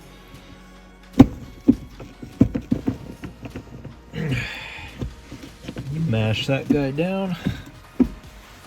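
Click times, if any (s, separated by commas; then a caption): none. A shift boot assembly is pressed down into the center console surround, with a series of short thumps and knocks over music while someone talks. Nothing has seated or clicked yet.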